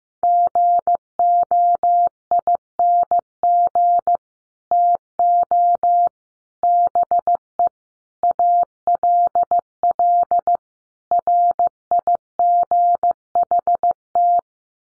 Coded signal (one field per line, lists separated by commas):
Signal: Morse code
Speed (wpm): 15 wpm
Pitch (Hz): 700 Hz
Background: none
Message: GOING TO BE ALL RIGHT